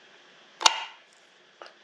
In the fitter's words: pushed out on it till it snaps into place